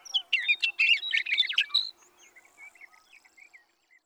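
Sage thrasher song: a fast, jumbled run of warbled and buzzy notes for nearly two seconds, then softer scattered chirps trailing off.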